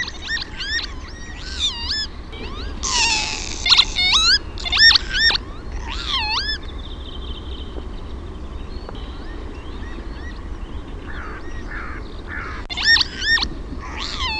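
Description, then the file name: Lapwing cries repeated throughout, nasal swooping 'pee-wit' notes in irregular bursts, some louder wheezy phrases, over continuous low-frequency background noise. "TOYHTOHYYPPA"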